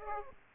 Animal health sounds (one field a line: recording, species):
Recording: mosquito wingbeat signal from an infrared sensor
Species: Aedes aegypti